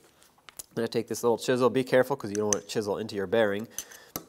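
A steel snap ring that retains the front wheel bearing of a 2012–2020 Ford Focus is being set into its groove in the knuckle with a small chisel, to make sure it seats without chiseling into the bearing. Someone talks while a few sharp metallic ticks sound near 0.5, 0.6 and 4.2 seconds. Nothing has seated or clicked yet.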